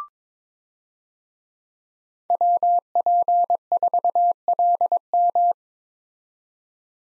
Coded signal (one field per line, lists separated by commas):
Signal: Morse code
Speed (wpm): 22 wpm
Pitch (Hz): 700 Hz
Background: none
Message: WP4LM